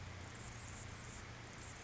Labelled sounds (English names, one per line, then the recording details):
Anna's Hummingbird
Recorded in Sonoma County, California